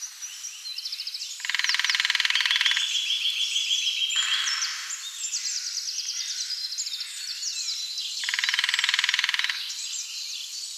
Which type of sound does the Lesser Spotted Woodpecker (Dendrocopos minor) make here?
drumming